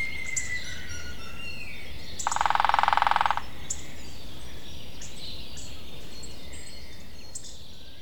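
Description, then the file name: Lesser spotted woodpecker drumming in a single fast, steady burst of about a second, with soft high bird calls around it. "kis fakopáncs dobolás"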